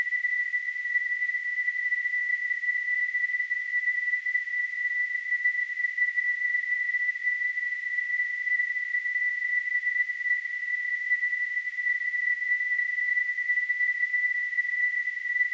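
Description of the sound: A steady, unbroken high-pitched whistle near 2 kHz, with a faint hiss around it, holds level for the full 15 seconds. It is a simulation of tonal tinnitus, the constant ringing or whistling a person with tinnitus perceives.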